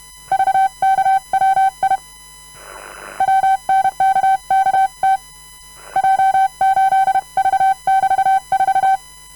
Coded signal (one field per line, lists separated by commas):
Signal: Morse code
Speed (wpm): 31 wpm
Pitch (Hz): 770 Hz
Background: none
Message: VKWI WNKKT J8V<BT>4